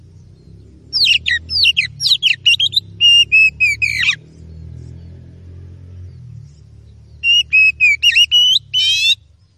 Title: Kacer Langsung Tarung Konslet KACER NGOTOT FULL TEMBAKAN. MASTERAN KACER